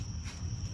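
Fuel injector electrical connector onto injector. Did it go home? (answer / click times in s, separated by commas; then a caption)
no / none. A fuel injector electrical connector is being handled over a fuel injector on the front of a 2007 Ford Edge 3.5L engine, about to be pushed down onto it. A low rumble, faint handling noise and a steady high whine are heard, with no sharp transients. Nothing has seated or clicked yet.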